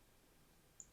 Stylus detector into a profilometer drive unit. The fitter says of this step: Just they just snap right in there.